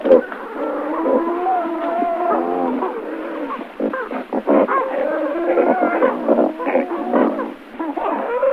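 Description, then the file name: Great white pelican calls: a dense chorus of overlapping low, moaning and grunting notes from several birds, continuous throughout with brief dips. "pelikan rozovyy golos"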